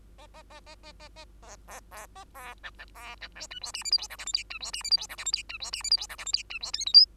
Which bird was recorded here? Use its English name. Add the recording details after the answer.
Bengalese Finch. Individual Bird2